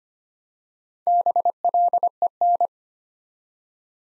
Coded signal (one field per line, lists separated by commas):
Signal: Morse code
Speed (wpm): 25 wpm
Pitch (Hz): 700 Hz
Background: none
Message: BLEN